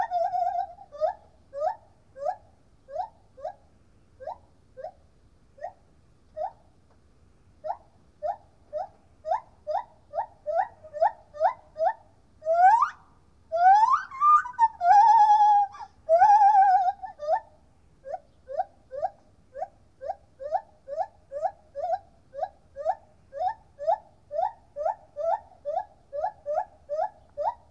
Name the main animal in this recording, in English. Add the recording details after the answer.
Lar Gibbon. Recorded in captivity. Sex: male. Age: adult. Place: Tierpark Berlin, Berlin, DE. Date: 1969-08-26. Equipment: Uher 4200 Report Stereo, Transistorverstärker II, Sennheiser MD 421, Doppelspuraufnahme. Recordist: Tembrock, Günter